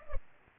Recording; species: mosquito wingbeat signal from an infrared sensor; Culex pipiens